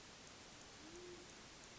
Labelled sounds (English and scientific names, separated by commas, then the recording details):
Band-tailed Pigeon (Patagioenas fasciata)
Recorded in Sonoma County, California